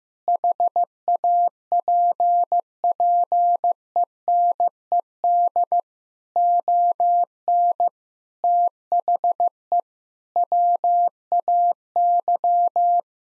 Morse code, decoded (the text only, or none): HAPPENED ON THE WAY